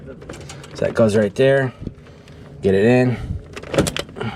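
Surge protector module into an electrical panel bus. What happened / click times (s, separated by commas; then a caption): The plug-in module snapped into its slot / 4.0 s. A plug-in surge protector module is pushed into its breaker slot on the bus of an electrical panel while someone talks. A few small handling taps come first, then a cluster of sharp clicks near the end, with the module snapping into place at 4.0 s and seating in the panel.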